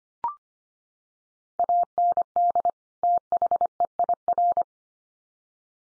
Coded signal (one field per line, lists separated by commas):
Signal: Morse code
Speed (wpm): 25 wpm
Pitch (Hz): 700 Hz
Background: none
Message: AND THEIR